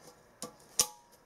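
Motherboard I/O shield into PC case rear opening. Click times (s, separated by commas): 0.4 s, 0.8 s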